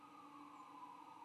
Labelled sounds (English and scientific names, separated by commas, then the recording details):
White-throated Sparrow (Zonotrichia albicollis) flight call
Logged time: 03:00 on 22 November 2014